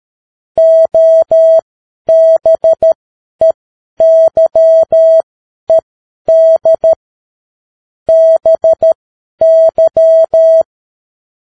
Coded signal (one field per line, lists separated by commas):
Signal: Morse code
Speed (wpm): 13 wpm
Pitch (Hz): 650 Hz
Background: none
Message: OBEYED BY